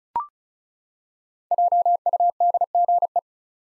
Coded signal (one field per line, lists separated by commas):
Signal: Morse code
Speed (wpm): 36 wpm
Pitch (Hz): 700 Hz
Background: none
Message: JUDGE